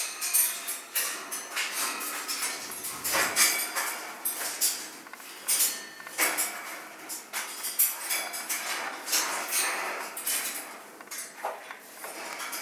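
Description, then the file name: Scarlet macaw chicks giving rasping, hissy begging calls almost continuously, in pulsing bursts, with some clicks and knocks mixed in. Hand-reared chicks from a breeding nursery, being fed. "krasnyi ara ptency vykormysi iz pitomnika"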